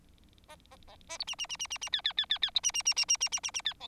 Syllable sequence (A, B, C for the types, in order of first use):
A A A A B C C C C C C D D D D D B C C C C C C C C C D E